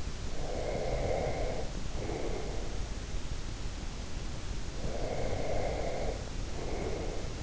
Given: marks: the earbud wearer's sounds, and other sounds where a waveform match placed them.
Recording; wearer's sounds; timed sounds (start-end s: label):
sounds in sleep by an in-ear microphone; breath
0.15-2.74 s: breath
4.65-7.43 s: breath